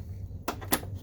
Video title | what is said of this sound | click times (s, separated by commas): SmartBoard 1018580 Replacement Projector Lamp Install | Just push it down like that. You'll feel it click. | 0.5 s, 0.7 s